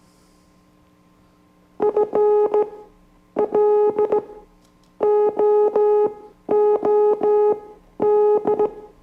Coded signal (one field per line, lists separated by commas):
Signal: Morse code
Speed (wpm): 14 wpm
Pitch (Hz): 420 Hz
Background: music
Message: FLOOD